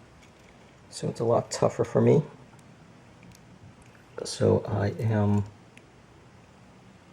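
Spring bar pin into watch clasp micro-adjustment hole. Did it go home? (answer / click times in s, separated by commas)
yes / 5.8 s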